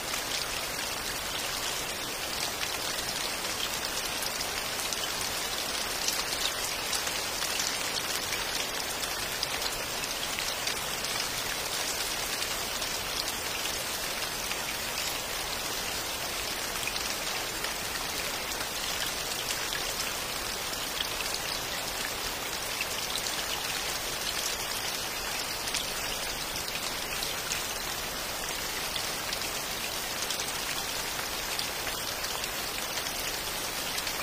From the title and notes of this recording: Rainstorm Sleep Ambience | Rain Sound + Pond White Noise. Rain white noise and water sounds create a relaxing ambience. Rain on pond sound.